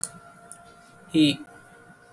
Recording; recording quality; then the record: sustained vowel as in beet; excellent, no background noise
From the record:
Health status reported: exposed to COVID-19, no respiratory illness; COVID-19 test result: negative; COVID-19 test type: rapid antigen test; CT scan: not taken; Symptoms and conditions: cough, breathing difficulty, diarrhoea, another respiratory illness, another condition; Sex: male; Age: 27 years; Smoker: no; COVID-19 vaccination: none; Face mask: worn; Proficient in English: yes